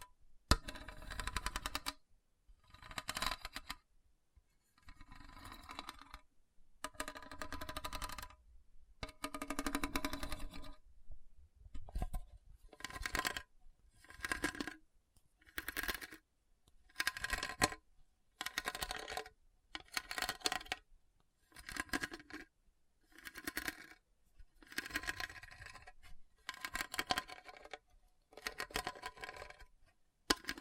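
Repeated scratching over a hard, bumpy surface, coming in short rough strokes about once a second with brief silences between. Each stroke is gritty and rattling, bright and full, some with a lower thump at the start. The rhythm stays fairly regular throughout.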